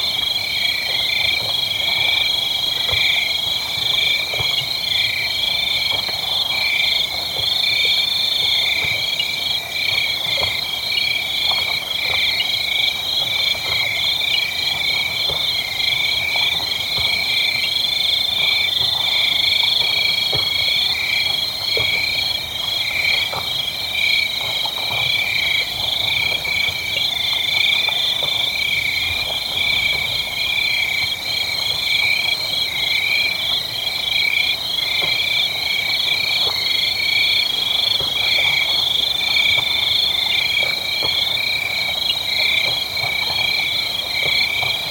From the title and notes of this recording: Okavango Delta. Night sounds around my tent including some very small and very large animals. Recorded by Brian House for the Okavango Wilderness Project. Equipment used: Sound Devices 702 digital recorder with Sennheiser 418 stereo shotgun microphone (M/S).